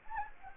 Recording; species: mosquito wingbeat signal from an infrared sensor; Anopheles gambiae